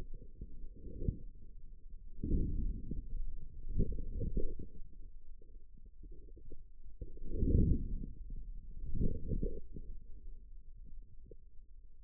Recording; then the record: forearm muscle sounds (acoustic myography)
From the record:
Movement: outward rotation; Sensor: system 2, bracelet of six BSWA MPA416 microphones around the upper forearm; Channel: 4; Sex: male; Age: 22 years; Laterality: right